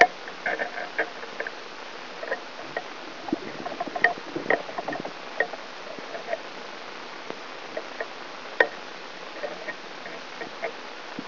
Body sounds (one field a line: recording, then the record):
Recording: brain microelectrode recording played as sound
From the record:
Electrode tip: inside the subthalamic nucleus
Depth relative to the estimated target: -4 mm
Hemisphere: left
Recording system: AlphaMap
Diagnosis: Parkinson's disease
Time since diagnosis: 10 years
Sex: male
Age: 47 years